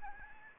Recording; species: mosquito wingbeat signal from an infrared sensor; Anopheles gambiae